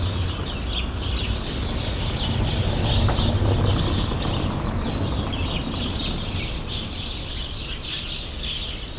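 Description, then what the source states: Sparrows calling together, repeated chirps about twice a second blending into a busy chatter, low rumble swelling in the middle. Sparrows in a grove at Rue Saint-Jean Népomucène, Brussels, Belgium; recorded with Earsight V2 microphones in AB into a Mixpre-3.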